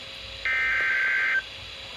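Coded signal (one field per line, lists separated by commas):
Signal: Emergency Alert System (SAME) tones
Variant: header bursts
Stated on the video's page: Weather radio station on 162.400 MHz, recorded with an iPhone 17.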